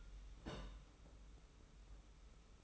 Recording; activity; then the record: daily activity, microphone in the room; place on stove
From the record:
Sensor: 1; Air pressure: 991.1 hPa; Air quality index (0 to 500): 91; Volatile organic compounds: 33 ppm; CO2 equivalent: 3021 ppm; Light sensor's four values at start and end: 36/116/45/47 and 36/116/45/47